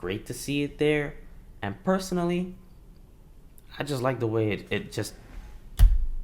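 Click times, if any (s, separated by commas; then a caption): 5.8 s. Someone talks, then an Apple Pencil stylus is placed against the top edge of an M1 iPad Pro and snaps magnetically into its charging position. A sharp snap is heard at 5.8 s, and the pencil is seated and charging.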